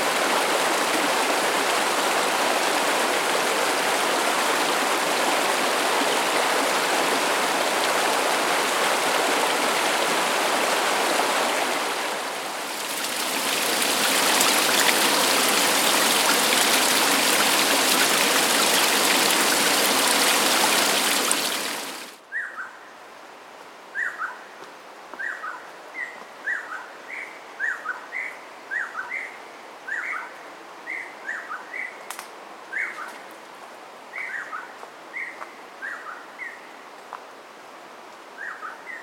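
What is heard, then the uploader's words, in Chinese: A stream rushes loudly and steadily for the first twenty-two seconds, dipping briefly around twelve seconds before surging back. Then the water cuts out abruptly, leaving a quiet forest where a bird repeats short, bright chirps at a quick, regular pace. 宜蘭礁溪林美石磐步道。Tascam DR-40x。林美石磐步道健行沿途錄音，並且剪輯為六個片段。宜蘭林美石磐步道。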